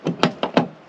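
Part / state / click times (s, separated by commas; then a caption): door mirror onto its mounting base on a car door / seated / 0.2 s, 0.6 s. A new original-style door mirror is pushed onto its base on the door of a 1974 MG Midget 1275, where it is held on with a small Allen key bit. Four short, sharp knock-like clicks are heard within under a second, the loudest at 0.2 s and 0.6 s. The mirror clicks into place and is seated.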